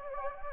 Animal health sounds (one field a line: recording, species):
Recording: mosquito wingbeat signal from an infrared sensor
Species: Anopheles gambiae